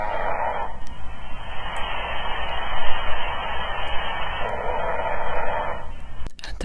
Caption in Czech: Pacientka chrápe velice intenzivně. U toho má snížené dechové úsilí, takže má hypopnoji, u toho vyklesá hladina kyslíku v krvi. Pacientka má teda zástavy dechu, které jsou pro apnoe charakteristické.